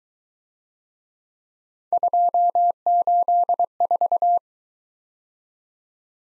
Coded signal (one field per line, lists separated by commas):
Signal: Morse code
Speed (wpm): 23 wpm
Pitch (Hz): 700 Hz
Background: none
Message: 284